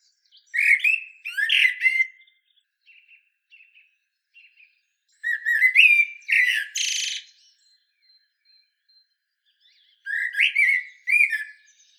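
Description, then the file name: Common blackbird sings three rich warbled phrases about five seconds apart, each finishing with squeaky high flourishes, with soft short notes in the gaps. "Turdus merula"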